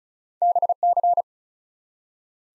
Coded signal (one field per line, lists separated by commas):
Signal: Morse code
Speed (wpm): 36 wpm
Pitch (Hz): 700 Hz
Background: none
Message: BC